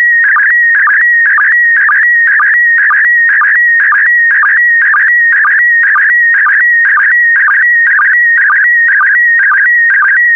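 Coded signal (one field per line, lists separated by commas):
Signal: SSTV (slow-scan television)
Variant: PD120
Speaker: complete. You can now check your decoded image against the picture that is shown on the video.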